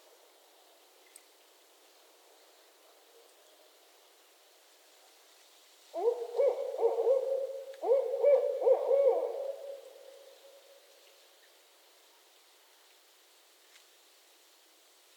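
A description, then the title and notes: A barred owl calls in a burst of low, rhythmic hoots beginning around six seconds in, two rounded phrases running to about nine seconds before fading out by eleven. The rest is a quiet, faint hiss, with a single small tick early and another late. Barred Owl Mating Season in Northern Michigan. This recording has a fair bit of noise pollution in the form of traffic and the occasional aircraft. I was a couple of miles away from where I wanted to record but heard the owls starting their calls so wanted to record them.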